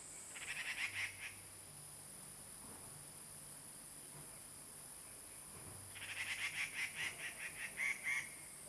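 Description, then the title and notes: Grey treepie calling in two bursts of rasping notes, a short one early and a longer run of many grating notes near the end, with steady hiss throughout. Birds singing on the ground at Puli Township, Nantou County, Taiwan. "545台灣南投縣埔里鎮成功里種瓜路113號 - 藏機閣的第一聲. Dendrocitta formosae , Birds singing in the ground"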